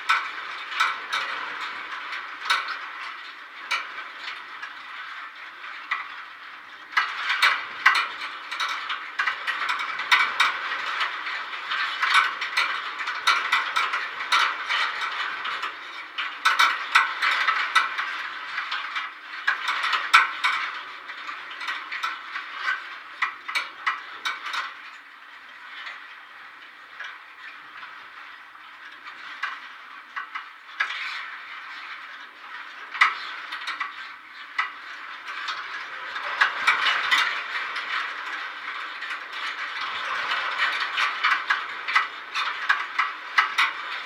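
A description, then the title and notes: A contact mic on sheep wire picks up a dense, crackling stream of fast ticks and scratchy rattles, like a ratchet being wound. The sound is mid-pitched with no deep tones, swelling in busier stretches near the start and end and thinning out in a calmer middle section. Contact Mic on Sheep Wire.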